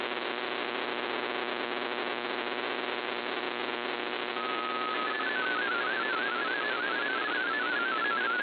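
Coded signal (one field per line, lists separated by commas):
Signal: multi-tone FSK (Olivia or MFSK type)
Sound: static hiss, then a warbling tone rapidly hopping between close pitches around 1.5 kHz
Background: shortwave radio static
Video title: VOA Radiogram 20160213 1600 UTC 17580 kHz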